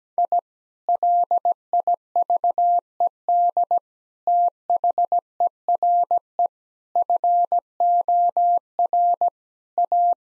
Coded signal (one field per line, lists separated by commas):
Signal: Morse code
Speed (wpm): 17 wpm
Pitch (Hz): 700 Hz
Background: none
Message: I LIVED THERE FOR A